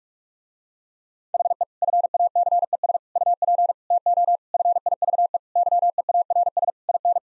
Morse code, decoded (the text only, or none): HE FACES UP TO FIVE YEARS IN